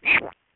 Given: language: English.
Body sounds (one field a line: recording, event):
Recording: throat vibration sensor signal played as sound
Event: swallow